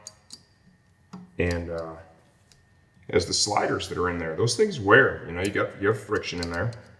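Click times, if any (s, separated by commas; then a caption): none. A fork slider bushing is handled at a motorcycle fork tube during a K-Tech fork cartridge kit install on a Kawasaki Ninja 400. A few faint, brief ticks sound near the start while someone talks. Nothing has seated or locked into place yet.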